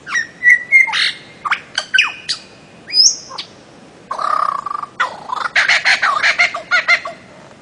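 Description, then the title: Bird-of-paradise song: clear chirps and short steady whistles, followed by a harsher buzzy section and a rhythmic series of bright notes. Master song for training songbirds. "Kicau Master Cendrawasih"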